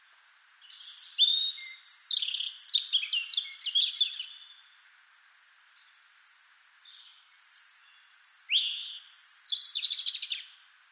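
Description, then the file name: European robin singing long, varied phrases of sliding whistles and crisp trills, with a pause midway before another sparkling run. "Erithacus rubecula"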